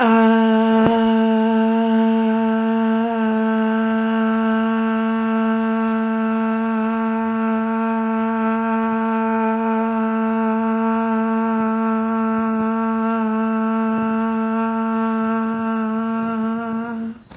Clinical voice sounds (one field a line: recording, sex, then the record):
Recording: sustained vowel /a/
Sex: female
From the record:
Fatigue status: fatigue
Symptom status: symptomatic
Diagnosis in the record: COVID-19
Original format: 3gp